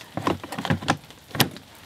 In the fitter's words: on that as well so it locks into place